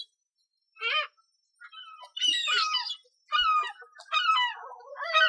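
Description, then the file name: Gull cries: shrill, wailing bursts that rise and fall. "Seagulls"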